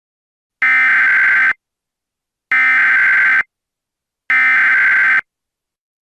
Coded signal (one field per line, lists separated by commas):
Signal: Emergency Alert System (SAME) tones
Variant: header bursts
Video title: EAS Scenario Special - McVanc2020: The Crimson Girl